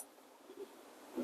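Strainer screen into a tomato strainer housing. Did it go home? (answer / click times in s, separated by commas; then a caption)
no / none. A metal strainer screen is picked up and brought toward the housing of a Reber tomato strainer, before it is lined up, pushed in against the spring and rotated to lock. Quiet handling and faint rustling are heard, with a soft bump around 0.6 s and a slightly louder contact near 1.2 s. Nothing has seated or clicked yet.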